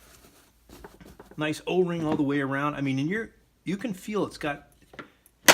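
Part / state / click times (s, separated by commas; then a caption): latch on the lid of a hard pistol case / seated / 5.5 s. Someone talks while closing the lid of a hard plastic Condition 1 14-inch pistol case #075, sealed with an O-ring all the way around, and snapping its latch shut. A loud, sharp click at 5.5 s ends the clip as the latch locks into place, so the lid won't rattle.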